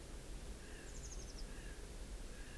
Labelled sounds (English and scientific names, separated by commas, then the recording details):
Eurasian Blue Tit (Cyanistes caeruleus)
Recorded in Germany
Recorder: ecoPi